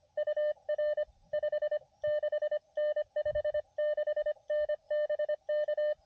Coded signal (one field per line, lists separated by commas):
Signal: Morse code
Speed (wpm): 21 wpm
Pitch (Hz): 590 Hz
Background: none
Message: UR 56N 56N BK